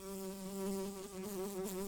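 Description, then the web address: Brown-banded carder bee buzzing, a steady low hum with rich harmonics that wavers slightly in pitch and loudness throughout. Worker bees. "bumblebees learning set sounds Humilis-workers"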